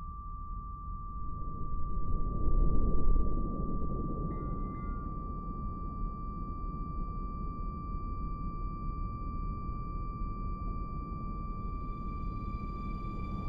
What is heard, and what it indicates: An infinite reverb tail that turns into tinnitus.